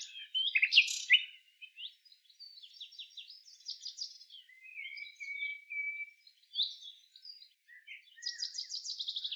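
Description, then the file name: Common nightingale song with a loud opening chirp, soft rapid notes, a long level whistle, then a quick repeated series of notes at the end. "Luscinia megarhynchos"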